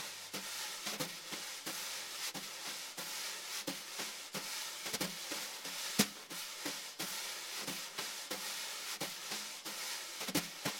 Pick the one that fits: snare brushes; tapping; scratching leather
snare brushes